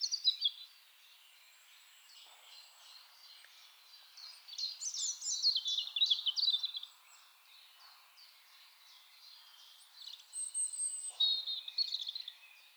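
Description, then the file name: European robin song: a brief burst at the start, then two longer bursts of rapid high twittering and trilled phrases, with soft background noise. "Erithacus rubecula"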